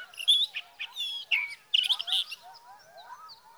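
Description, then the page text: Sage thrasher song, loud varied high warbles and slurred whistles over softer, lower, wavering notes that continue after the louder phrases stop. Male singing through the night near his night roost, three nights from the evening of June 12 to the morning of June 15, 2018, Sierra Valley, California; Swift recorder. "Sage thrasher songs, through the night. For three nights, from the evening of June 12 to the morning of June 15, 2018, in Sierra Valley, California, I placed a Swift recorder near a male's night roost."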